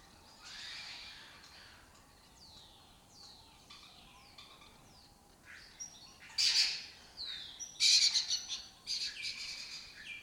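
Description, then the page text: Lesser kestrel calls: thin descending notes early on, building into loud harsh bursts in the second half. Breeding colony occupying an abandoned building (house complex) in Doñana, southern Europe; migratory raptor that forages in West Africa. "Lesser Kestrels Took Over an Abandoned Building. A migratory raptor wich spends its foraging time in West Africa and breeds in southern Europe. Here in Doñana"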